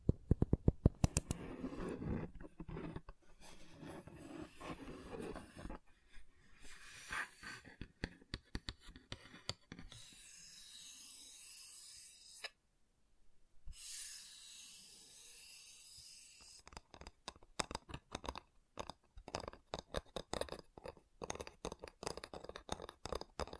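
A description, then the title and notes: Wooden tapping and scratching sounds, mostly quick, dense taps with sharp clicks throughout. Around the middle, from about ten to sixteen seconds, a steady bright hissing swish takes over with a short pause near thirteen seconds, then rapid crisp tapping resumes to the end. ASMR Calming Wood Triggers for Sleep (No Talking).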